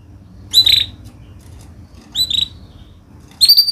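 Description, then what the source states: Canary giving short bright chirps, three brief bursts spaced over a few seconds, with a faint low hum underneath. Vigorous canary singer ('gacor') praised for the best 'cengkok' song phrasing and the most luxurious 'isian' fill-in notes; Indonesian songbird-keeping (kicaumania) context.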